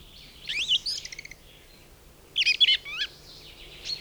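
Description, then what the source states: Song Thrush song: two short bursts of bright, varied phrases, the first ending in a quick series of repeated clipped notes. Loudest song in a spruce forest; calmly repeats each motif several times, borrows many motifs from other birds; less fluty than blackbird or mistle thrush; folk names link its song to spring's arrival.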